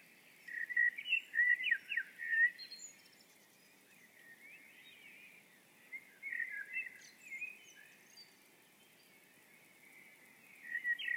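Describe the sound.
Birds singing at dawn: high chirps and twitters in loud bursts over a steady twittering background.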